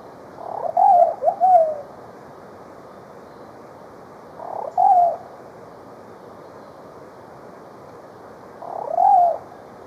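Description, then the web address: Plumbeous pigeon singing soft wavering coos, a three-note phrase followed by single drawn-out coos roughly every four seconds, over faint steady hiss. Ecuador. "Birds of Ecuador. Plumbeous Pigeon"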